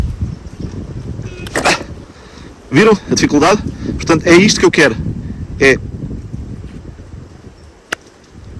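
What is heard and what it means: A tightly fitted wooden stick is pulled out of a notch in a wooden base, giving a sharp release click at 1.5 s and a second at 1.6 s, which shows how tight the fit is. Someone talks afterward, and a single sharp snap is heard near 7.9 s.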